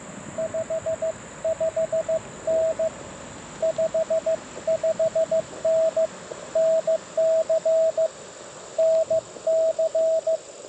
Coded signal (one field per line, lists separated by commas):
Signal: Morse code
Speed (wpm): 19 wpm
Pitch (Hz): 590 Hz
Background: radio noise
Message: 55N 55N NC NC